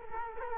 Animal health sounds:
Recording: mosquito wingbeat signal from an infrared sensor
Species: Culex quinquefasciatus

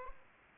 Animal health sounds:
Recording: mosquito wingbeat signal from an infrared sensor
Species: Aedes aegypti

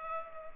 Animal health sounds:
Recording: mosquito wingbeat signal from an infrared sensor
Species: Culex pipiens

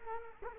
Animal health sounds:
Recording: mosquito wingbeat signal from an infrared sensor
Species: Culex quinquefasciatus

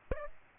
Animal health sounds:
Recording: mosquito wingbeat signal from an infrared sensor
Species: Aedes aegypti

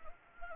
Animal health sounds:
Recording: mosquito wingbeat signal from an infrared sensor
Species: Anopheles gambiae

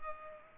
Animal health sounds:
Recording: mosquito wingbeat signal from an infrared sensor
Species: Culex pipiens

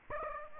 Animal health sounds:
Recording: mosquito wingbeat signal from an infrared sensor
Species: Aedes aegypti

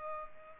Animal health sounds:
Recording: mosquito wingbeat signal from an infrared sensor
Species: Culex pipiens

